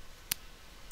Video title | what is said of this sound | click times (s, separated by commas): My unprofesional trans-temporal sonic screwdriver review | locks into place and then this one is a little bit louder with the locking mechanism of course | 0.3 s